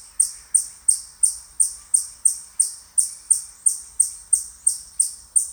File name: Siberian chipmunk Eutamias sibiricus Daan Drukker Tilburg